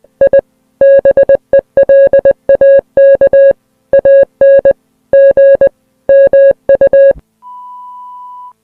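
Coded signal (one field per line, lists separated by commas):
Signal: Morse code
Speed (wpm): 20 wpm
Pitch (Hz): 550 Hz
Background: music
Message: I BELAKANG MU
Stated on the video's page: Fictional emergency alert scenario for Malaysian television.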